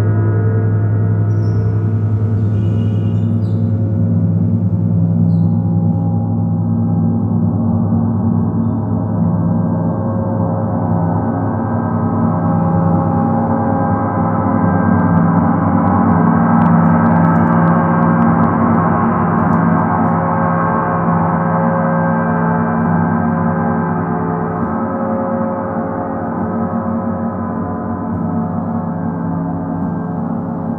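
A gong rings in a long, sustained drone, its deep tones layered with a shimmering wash that swells gently toward the middle and slowly eases off. The sound stays dense throughout, with a low hum underneath and no separate strikes standing out.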